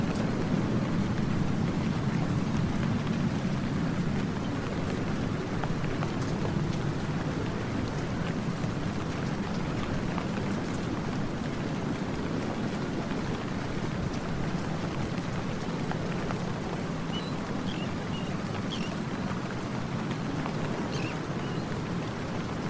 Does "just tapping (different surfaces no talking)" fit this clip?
no